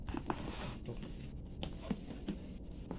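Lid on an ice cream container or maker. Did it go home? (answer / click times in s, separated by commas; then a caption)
no / none. While making homemade ice cream, someone puts the lid on an ice cream container or maker and tries to lock it, producing a steady scratchy rubbing with soft knocks and presses near 0.3, 1.6, 1.9, 2.3 and 2.9 seconds. The lid has not locked or clicked into place yet.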